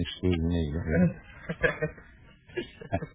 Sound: laughter